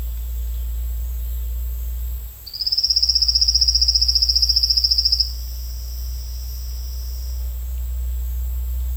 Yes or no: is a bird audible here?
no